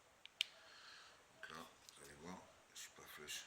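Someone presses the top cap of a vape dripper atomizer onto its base, where a notch lets it fit in only one position, and it clips on with a sharp click at 0.4 s after a faint tick at 0.3 s. Someone talks while trying to turn the cap, with a few light clicks, and the cap stays locked and will not turn.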